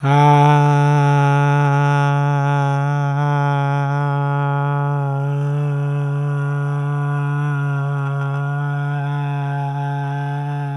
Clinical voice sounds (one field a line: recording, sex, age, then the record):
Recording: sustained vowel /a/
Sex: male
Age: 60 to 69 years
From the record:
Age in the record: 62 years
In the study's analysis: included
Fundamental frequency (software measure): 142 Hz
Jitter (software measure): 0.30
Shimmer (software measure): 0.60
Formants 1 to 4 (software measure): 808 Hz, 1386 Hz, 2522 Hz, 3469 Hz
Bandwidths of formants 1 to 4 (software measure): 381 Hz, 123 Hz, 296 Hz, 261 Hz